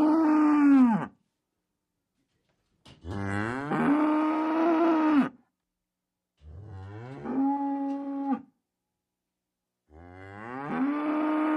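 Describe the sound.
Cow mooing: four long, harmonic lowing calls, some rising then level, each lasting about one to two and a half seconds with short silent gaps between them.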